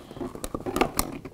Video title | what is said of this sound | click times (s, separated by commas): How To Replace Master Power Window Switch 1984-2001 Jeep Cherokee | hear it click so | 1.0 s